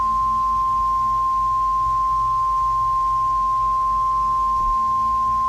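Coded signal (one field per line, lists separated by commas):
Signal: Emergency Alert System (SAME) tones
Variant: 1050 Hz attention tone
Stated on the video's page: Fictional EAS scenario about a catastrophic hurricane; may contain valid EAS tones.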